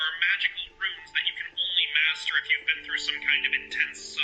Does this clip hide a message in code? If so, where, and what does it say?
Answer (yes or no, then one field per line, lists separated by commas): no